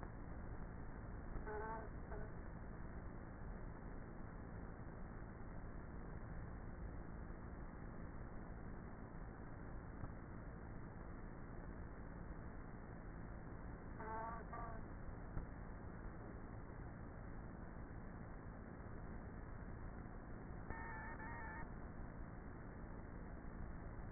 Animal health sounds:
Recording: honeybee colony, microphone inside the hive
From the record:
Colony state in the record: queenless with a low population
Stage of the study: before two queens were removed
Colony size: about 30,000 bees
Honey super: no

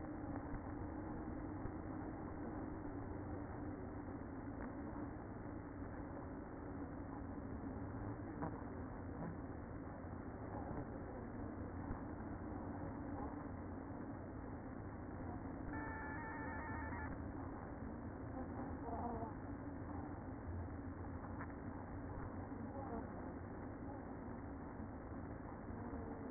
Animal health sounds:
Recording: honeybee colony, microphone inside the hive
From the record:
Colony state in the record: queen present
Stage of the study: after two queens were removed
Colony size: about 60,000 bees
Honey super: yes

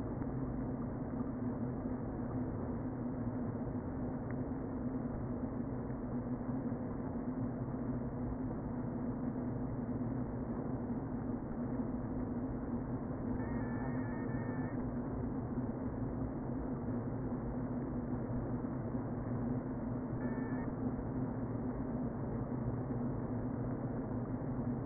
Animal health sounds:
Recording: honeybee colony, microphone inside the hive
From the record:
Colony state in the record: queen present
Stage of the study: before two queens were removed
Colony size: about 60,000 bees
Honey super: yes

